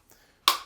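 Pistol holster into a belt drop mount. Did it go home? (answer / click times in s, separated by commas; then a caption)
yes / 0.5 s. A pistol holster is fitted onto its belt drop mount, with a faint soft tap near 0.1 seconds. A sharp, bright plastic click follows at 0.5 seconds and rings out briefly. The holster clicks into place and is seated on the mount.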